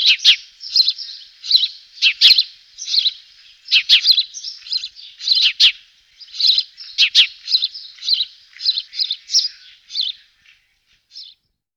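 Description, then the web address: House sparrow chirping steadily, a long run of bright, harsh chirps, tapering off into a few last notes. Song, recorded 2004. "gesang. roche 2004 haussperling"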